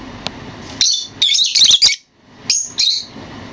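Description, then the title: Bird song of loud, high twittering trills in two bursts separated by a short gap, over a faint hiss. Masteran training recording. "LuckyBurung MasteranBest"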